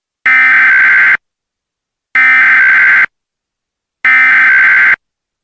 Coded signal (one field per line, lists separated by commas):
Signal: Emergency Alert System (SAME) tones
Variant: header bursts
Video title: EAS 19 MOCK AMBER ALERT SOUTH CAROLINA